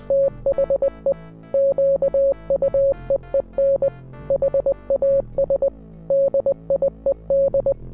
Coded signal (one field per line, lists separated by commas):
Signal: Morse code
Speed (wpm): 20 wpm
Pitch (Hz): 550 Hz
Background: music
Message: THE QUEEN HAS DIED